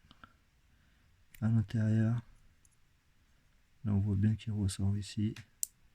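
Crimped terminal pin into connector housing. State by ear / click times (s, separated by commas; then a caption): seated / 5.6 s. A crimped terminal pin is pushed into a plastic 10-pin Volkswagen connector housing (part 000979009E) for a wiring harness until it locks. Someone talks, and a sharp click is heard at 5.6 s as the pin seats in the housing.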